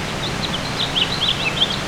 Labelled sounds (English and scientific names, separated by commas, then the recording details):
House Finch (Haemorhous mexicanus) song
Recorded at Bellport on Long Island, New York, on 21 June 2013
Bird C